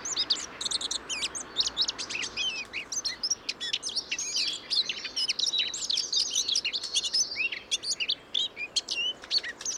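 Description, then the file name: Eurasian blackcap song: loud, fast, high-pitched warbling with rich whistled flourishes, continuing almost without pause. "Sylvia atricapilla"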